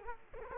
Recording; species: mosquito wingbeat signal from an infrared sensor; Culex quinquefasciatus